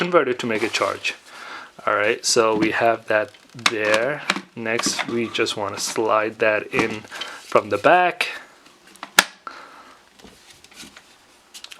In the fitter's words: we hear the click that means it's on good all